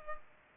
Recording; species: mosquito wingbeat signal from an infrared sensor; Culex pipiens